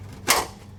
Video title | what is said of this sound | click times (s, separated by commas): Ford Truck Wheel Well Liner Time - Ford F150 | that's it make a nice click | 0.3 s